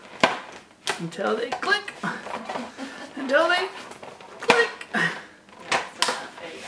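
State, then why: Seated. A plastic attachment peg is pushed into a hole on a Graco Pack n' Play Nearby Napper play yard frame while someone talks, with several sharp knocks along the way. It locks in with a sharp click at 6.0 s, and the peg is seated.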